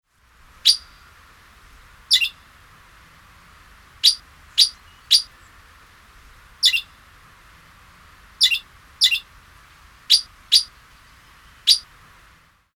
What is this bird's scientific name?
Alisterus scapularis